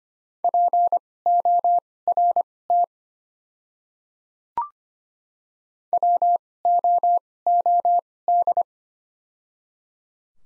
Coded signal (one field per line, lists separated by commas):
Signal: Morse code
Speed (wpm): 25 wpm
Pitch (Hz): 700 Hz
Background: none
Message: PORT WOOD